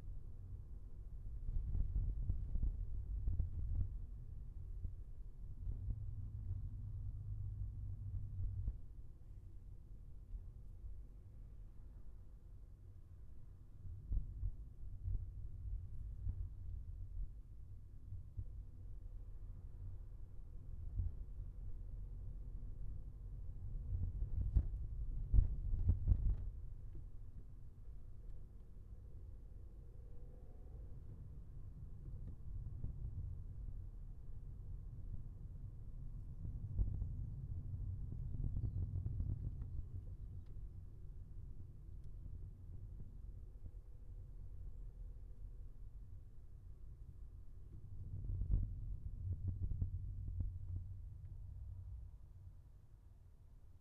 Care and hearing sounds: everyday scene through a hearing-aid microphone; in a vehicle; engine, highway traffic jam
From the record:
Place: Skoda Fabia, gasoline engine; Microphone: behind the ear, left, front

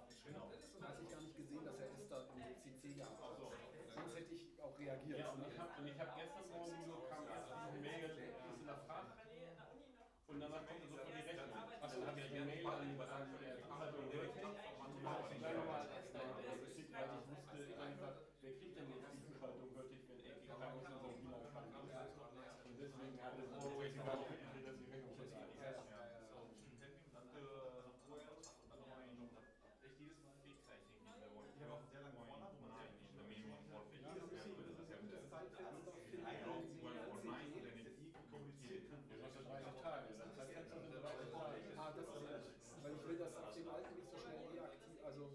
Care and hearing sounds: everyday scene through a hearing-aid microphone; many people talking; many voices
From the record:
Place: bistro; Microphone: behind the ear, right, front

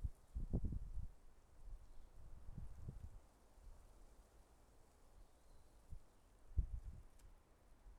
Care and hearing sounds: everyday scene through a hearing-aid microphone; wind on the microphone; wind, traffic, birds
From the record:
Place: suburban garden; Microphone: behind the ear, left, rear

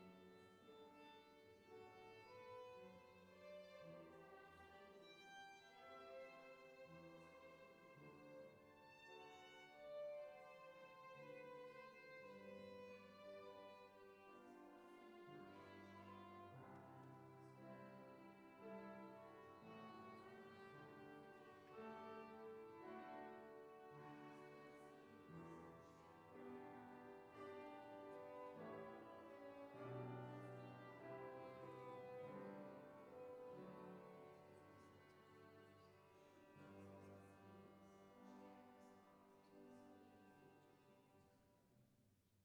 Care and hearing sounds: everyday scene through a hearing-aid microphone; reverberant space; music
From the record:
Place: church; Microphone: behind the ear, left, rear

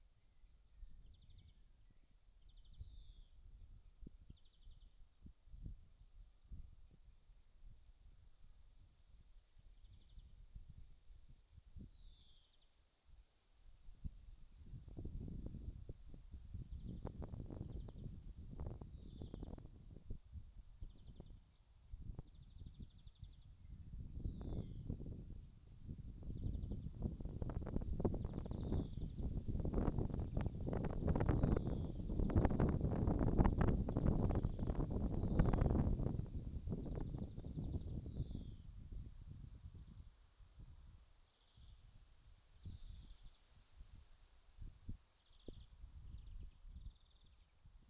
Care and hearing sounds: everyday scene through a hearing-aid microphone; wind on the microphone; wind, birds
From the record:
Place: in front of a rural house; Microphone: in the ear canal, left

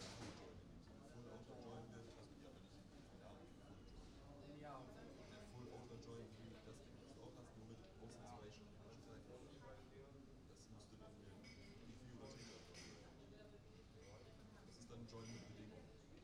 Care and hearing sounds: everyday scene through a hearing-aid microphone; many people talking; many voices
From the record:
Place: university cafeteria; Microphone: in the ear canal, right

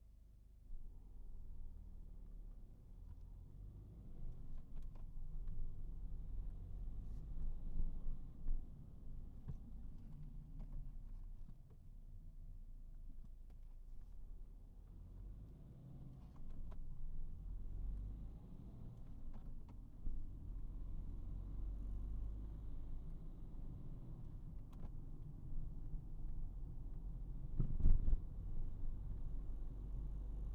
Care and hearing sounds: everyday scene through a hearing-aid microphone; in a vehicle; engine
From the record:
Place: Berlingo II, diesel engine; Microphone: behind the ear, right, rear

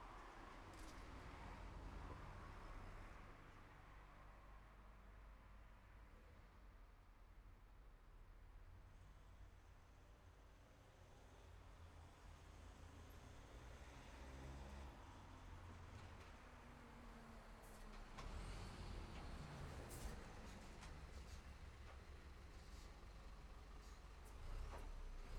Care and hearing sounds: everyday scene through a hearing-aid microphone; in traffic; traffic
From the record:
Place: city secondary road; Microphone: behind the ear, left, front

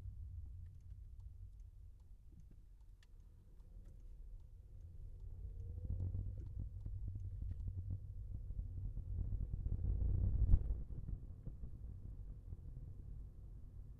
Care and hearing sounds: everyday scene through a hearing-aid microphone; in a vehicle; engine, rumble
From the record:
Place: Skoda Fabia, gasoline engine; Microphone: behind the ear, left, front

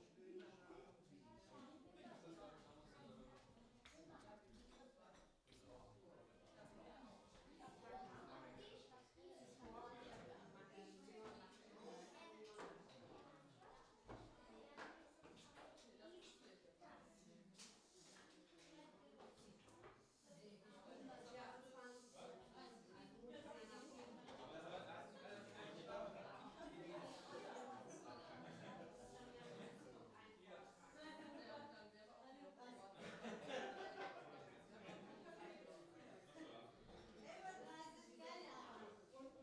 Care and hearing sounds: everyday scene through a hearing-aid microphone; many people talking; many voices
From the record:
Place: parish hall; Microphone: in the ear canal, left

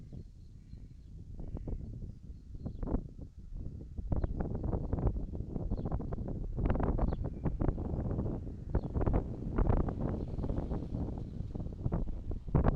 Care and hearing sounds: everyday scene through a hearing-aid microphone; wind on the microphone; wind, traffic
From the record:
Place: in front of a rural house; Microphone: in the ear canal, right

